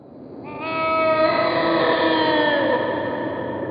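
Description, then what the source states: Snow leopard yowl: one drawn-out, wavering moan rich in harmonics, swelling quickly and fading slowly over about three seconds. Suggested as the source of many reported Yeti roars in the Himalayas; described as a very creepy, unnerving sound.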